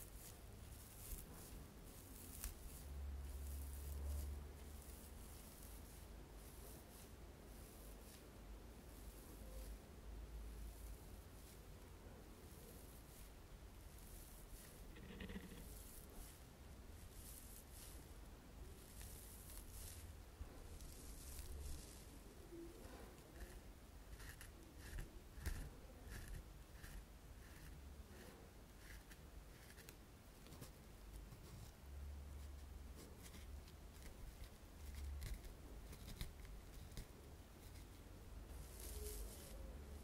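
Tapping and scratching on glass, a sponge and a purse, heard as dense, fairly steady rustling and scraping throughout. Quick taps and scratches repeat irregularly, with a few brighter clinks around 15 and 25–28 seconds, over a low rumble that swells at times.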